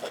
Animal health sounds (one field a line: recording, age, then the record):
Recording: pig call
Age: piglet (1 to 25 days)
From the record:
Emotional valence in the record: positive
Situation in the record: huddling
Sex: female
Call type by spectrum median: low-frequency call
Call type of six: low-frequency tonal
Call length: 0.11 s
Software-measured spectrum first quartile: 557 Hz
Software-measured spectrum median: 1010 Hz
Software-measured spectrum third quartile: 3057 Hz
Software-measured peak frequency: 568 Hz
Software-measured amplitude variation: 75 dB a second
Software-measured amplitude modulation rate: 14.1 a second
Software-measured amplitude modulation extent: 5.3 dB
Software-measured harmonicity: 2.0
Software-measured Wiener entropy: -1.50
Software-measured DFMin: 732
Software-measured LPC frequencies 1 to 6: 584, 1364, 2803, 3406, 4420, 5293 Hz